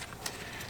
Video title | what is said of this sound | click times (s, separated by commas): BMW N57 Diesel Engine RaceChip Tuning Installation - 30d - 35d - 40d | Make sure we lock it in place with that white locking tab. | 0.1 s, 0.3 s